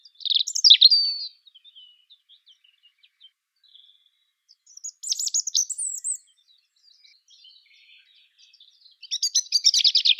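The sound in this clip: European robin song: varied high warbled phrases at start, middle and end, with faint scattered soft notes in the gaps.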